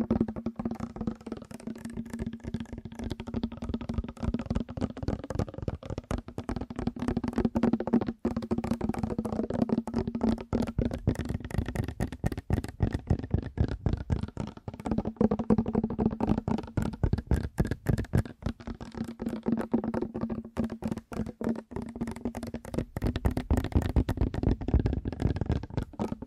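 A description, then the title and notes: Fast tapping runs the full length, a dense stream of sharp, quick hits at a steady, brisk pace with only brief gaps. Beneath the taps sits a constant low hum, and the hits themselves carry a bright, clicky edge. ASMR 1 Hour Fast Tapping for Sleep (No Talking).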